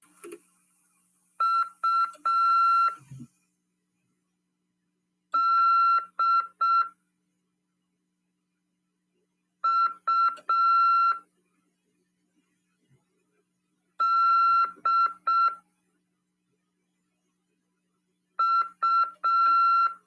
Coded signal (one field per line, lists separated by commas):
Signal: Morse code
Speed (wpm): 6 wpm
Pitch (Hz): 1360 Hz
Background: none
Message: U D U D U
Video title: RADIOAMADOR 16/9/2022 "AULA 6: CW, C. RODADA e LEGISLAÇÃO" PY2EXU PAULO SP/SP CRASP 22 ANOS.